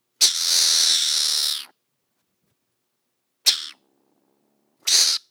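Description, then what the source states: Mongoose hissing: a long harsh breathy burst of about one and a half seconds, then two short hisses, with silence between. Recorded in summer 2014.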